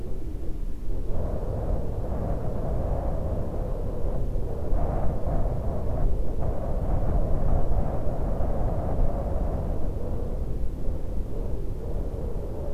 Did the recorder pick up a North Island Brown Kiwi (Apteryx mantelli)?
no